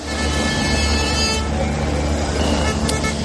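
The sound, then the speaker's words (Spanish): Loud, steady rumble of tractor engines as protesting farmers block the N-6 road at Benavente, Zamora, Spain, overlaid with sustained blaring horn tones that hold throughout, creating a dense, continuous wall of protest noise. “Es el momento en el que los agricultores saltaban a la carretera ante la atenta mirada por el aire del helicóptero de la Guardia Civil.”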